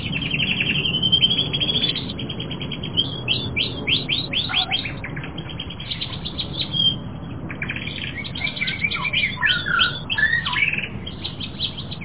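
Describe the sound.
Canary song: fast rolled trills and buzzy tours alternate with brief whistled slurs, running continuously with a steady low background hum.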